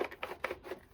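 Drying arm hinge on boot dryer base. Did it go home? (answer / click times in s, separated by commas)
yes / 0.2 s, 0.5 s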